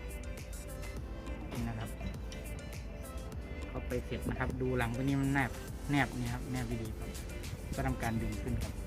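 A wiper blade's plastic clip is fitted onto the metal wiper arm of an Isuzu All New D-Max (2014–2019) after a new rubber refill is installed, and then it is pulled up into place. Someone talks over background music while handling it, with faint brief knocks around 2.3 s and 3.3 s. Nothing has clicked or locked yet.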